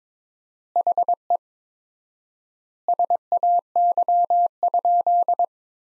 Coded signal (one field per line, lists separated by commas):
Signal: Morse code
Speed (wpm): 22 wpm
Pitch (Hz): 700 Hz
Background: none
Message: HE SAY?